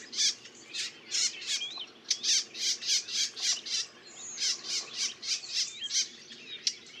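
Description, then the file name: Eurasian blackcap song, a steady, busy series of rapid high-pitched notes with a few short whistled slurs. "Sylvia atricapilla"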